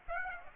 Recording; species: mosquito wingbeat signal from an infrared sensor; Aedes aegypti